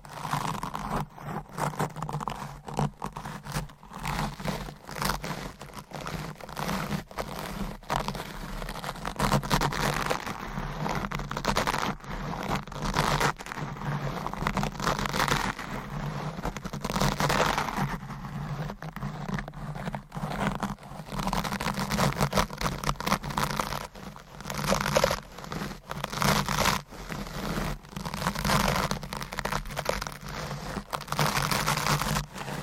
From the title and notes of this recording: ASMR Deep Mic Scratching , Brushing & Stroking Asmr No Talking.